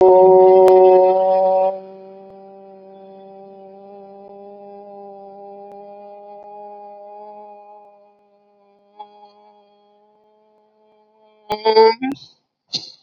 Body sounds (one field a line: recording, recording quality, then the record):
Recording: sustained vowel as in boot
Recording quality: excellent, no background noise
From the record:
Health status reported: COVID-19 positive, moderate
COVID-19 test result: positive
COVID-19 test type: RT-PCR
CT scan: not taken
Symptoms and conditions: cough, sore throat, fatigue, diarrhoea, hypertension, diabetes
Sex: male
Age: 72 years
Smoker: no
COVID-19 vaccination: both doses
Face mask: worn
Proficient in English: no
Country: India